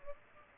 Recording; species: mosquito wingbeat signal from an infrared sensor; Aedes aegypti